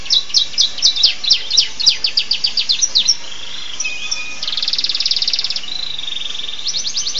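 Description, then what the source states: Canary song of fast sharp chips in a steady series, followed by a buzzy even trill and a short flat whistle before chipping resumes. Canary song in the style of the bar-winged prinia, a song style known locally as kenari rasa ciblek.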